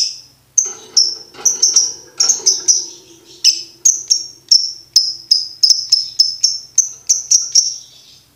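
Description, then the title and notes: Lovebird chirps, sharp high notes repeated several times a second in uneven bursts, with a faint lower chatter in the background during the first half. Used to train birds to learn ngekek singing. "MASTERAN BURUNG 2. Belajar Ngekek. lofbet"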